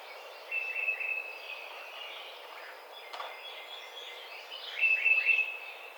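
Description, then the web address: Tufted titmouse giving short whistled phrases of a few repeated notes, heard twice, with a single sharp click between them and constant hiss behind. Recorded 30 April 2009. "Tufted Titmouse 2009 04 30"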